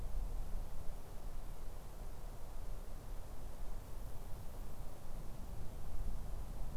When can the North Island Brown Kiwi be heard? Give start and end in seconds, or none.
none